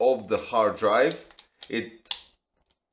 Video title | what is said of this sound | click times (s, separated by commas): TERRAMASTER F2-223 - Entry Level NAS Upgraded - Instructions, Setup, Review! | it makes a click | 2.1 s